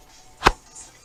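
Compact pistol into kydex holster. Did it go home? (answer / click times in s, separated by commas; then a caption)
yes / 0.5 s. A compact S&W 2.0 pistol is pushed into a freshly formed kydex holster to test retention. A single sharp snap is heard at 0.5 s as the pistol seats, the holster locking in and holding it. Otherwise the clip is quiet.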